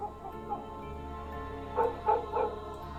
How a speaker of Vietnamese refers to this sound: Văng vẳng ở đậu chợ, có tiếng chó cắn ma nhấm nha nhấm nhẳng, nghe đến sốt cả ruột.